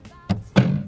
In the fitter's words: you guys hear that so that's disconnected now we can go ahead and start removing the plastic trim by just lifting up